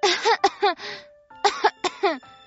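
A voice imitates the flower coughing in an audiobook reading of The Little Prince by Antoine de Saint-Exupéry: two quick clusters of short, throaty, voiced bursts separated by a brief pause, fairly loud and with no other sound.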